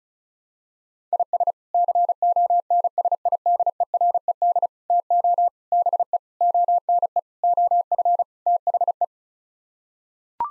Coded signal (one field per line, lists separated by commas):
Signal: Morse code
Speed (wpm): 36 wpm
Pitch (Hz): 700 Hz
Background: none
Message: IS CONSIDERED TO BE ONE OF THE